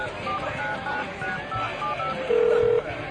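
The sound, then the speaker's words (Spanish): A few short, high keypad beeps of a phone dialing a mobile number sound at irregular intervals, followed by one longer, louder and lower tone, all over a steady noisy background. “Está, lo voy a llamar al celular.”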